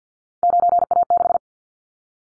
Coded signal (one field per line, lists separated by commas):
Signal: Morse code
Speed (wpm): 48 wpm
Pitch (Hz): 700 Hz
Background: none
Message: 9A6